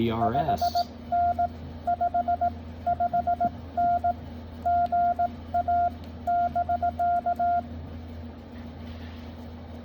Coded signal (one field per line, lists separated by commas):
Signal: Morse code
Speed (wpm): 17 wpm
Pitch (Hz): 700 Hz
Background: speech, radio noise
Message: 5N5 5N GA <BK>